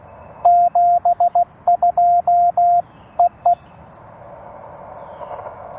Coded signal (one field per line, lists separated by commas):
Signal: Morse code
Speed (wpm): 17 wpm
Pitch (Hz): 700 Hz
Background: radio noise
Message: 72EE